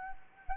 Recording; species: mosquito wingbeat signal from an infrared sensor; Anopheles gambiae